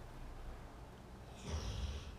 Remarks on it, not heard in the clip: I think you can hear him snoring in the background.